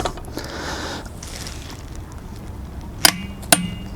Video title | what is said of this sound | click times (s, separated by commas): How to Keep your RV Trouble Free(ish) - RV Preventative Maintenance (Full Time RV Living) | Now we get that click. | 3.0 s, 3.5 s